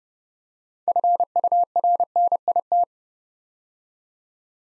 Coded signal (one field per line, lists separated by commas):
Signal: Morse code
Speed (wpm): 30 wpm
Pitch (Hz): 700 Hz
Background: none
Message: FURNIT